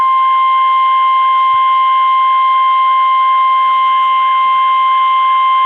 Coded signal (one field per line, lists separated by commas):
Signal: Emergency Alert System (SAME) tones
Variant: 1050 Hz attention tone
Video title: EAS/NWR Alert or message #792: Required Weekly Test #2